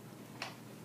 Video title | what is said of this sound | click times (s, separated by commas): George stander transfer | Oh yeah, there it is. So did you hear that? | 0.4 s